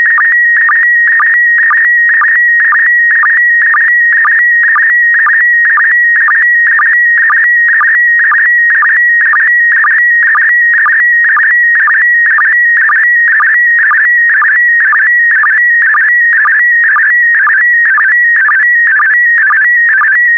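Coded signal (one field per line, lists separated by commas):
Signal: SSTV (slow-scan television)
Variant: PD120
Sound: warbling, chirpy tone shifting in pitch, with short low blips about twice a second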